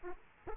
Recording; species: mosquito wingbeat signal from an infrared sensor; Aedes aegypti